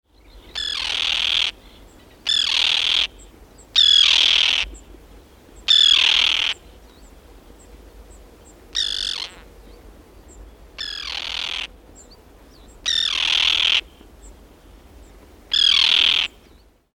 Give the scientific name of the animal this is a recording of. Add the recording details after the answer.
Sterna hirundo. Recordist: Tembrock, Günter. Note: Rufe